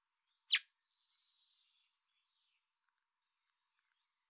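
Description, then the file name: Common blackbird gives a single sharp, high tick, followed by faint, thin warbling in the background. "Turdus merula"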